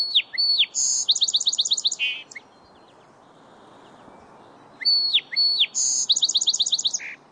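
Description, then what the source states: Song sparrow song given twice: each phrase opens with a few sharp notes, then a rapid run of repeated chirps and a short buzz, with a few seconds of quiet between phrases. Males singing all day long from a woody thicket along the bank of a city lake.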